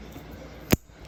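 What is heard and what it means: The old fuel line's quick-connect fitting on a Jeep Wrangler TJ is pushed back onto the fuel pump outlet fitting. A single sharp snap sounds at 0.7 s over low background noise, and the connector is seated.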